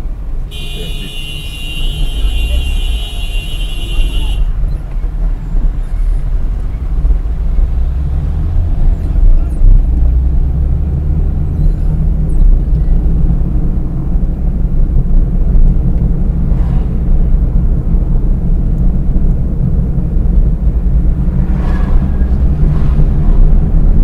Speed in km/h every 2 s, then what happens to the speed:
0, 10, 10, 20, 28, 34, 38, 37, 37, 37, 43, 49.
0-11 pulls away to 38. 11-18 steady at about 37. 18-24 speeds up to 49.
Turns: 13-18.